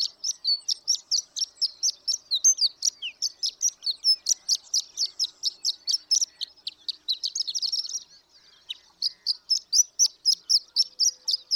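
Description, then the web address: Horned lark delivering a fast, jingling stream of thin, high chips and slurred notes, about two per second, with a short gap near eight seconds. "birdsongforthecurious Horned Lark"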